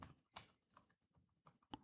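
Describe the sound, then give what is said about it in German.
Quick, irregular clicks of keys being typed on a computer keyboard while show notes are written, with a few sharper taps standing out among softer ones, no voices present. “Tippen und sprechen gleichzeitig.”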